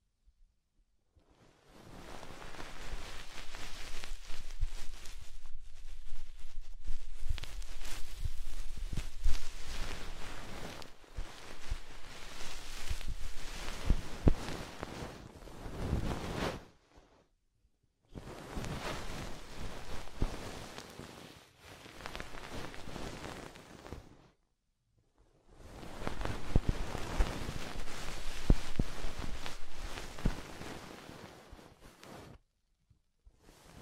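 Soft, fluffy rustling and brushing sounds for ASMR come in dense, crackly bursts of several seconds each, separated by short silences around 17, 24 and 33 seconds. The texture is steady within each burst, with scattered sharper crinkles and a faint low rumble underneath.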